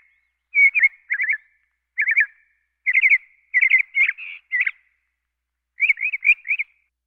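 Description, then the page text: Northern cardinal singing bursts of fast, clear whistled notes in short phrases separated by short pauses; nothing else audible. "Northern Cardinal. Quick Sounds"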